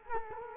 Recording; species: mosquito wingbeat signal from an infrared sensor; Culex quinquefasciatus